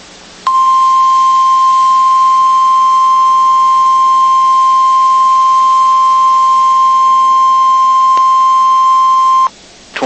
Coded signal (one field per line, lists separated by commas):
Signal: Emergency Alert System (SAME) tones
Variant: 1050 Hz attention tone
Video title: NOAA Weather Radio · WXK80 Lafayette, Louisiana · EAS #7-8 · Double Header Tornado Watch · 12/28/24